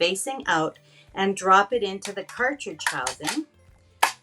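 Someone talks while a plastic border-punch cartridge, teeth facing out, is dropped into the cartridge housing of a paper punch and pressed down. A short, sharp click at 4.0 s marks the cartridge seating in the housing, though the hit may instead be the cartridge dropping in.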